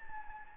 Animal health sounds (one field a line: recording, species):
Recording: mosquito wingbeat signal from an infrared sensor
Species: Anopheles gambiae